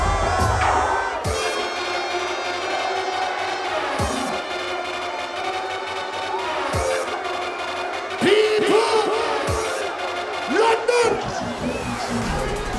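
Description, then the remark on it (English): A large crowd at a music event in Notting Hill, London screams and cheers in a sustained roar, with louder bursts of yelling and whoops rising above the dense wash of voices. “Now scream.”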